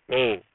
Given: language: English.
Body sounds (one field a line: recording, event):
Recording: throat vibration sensor signal played as sound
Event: speech